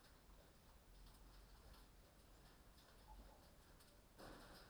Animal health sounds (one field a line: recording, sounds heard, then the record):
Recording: poultry house recording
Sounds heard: healthy chickens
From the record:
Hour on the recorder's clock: 21